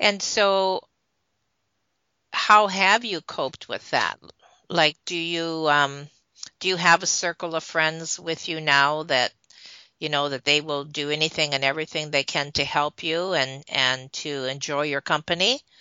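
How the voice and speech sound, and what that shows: One adult speaks a long question fluently and clearly, with ordinary pauses and a brief "um"; normal speech.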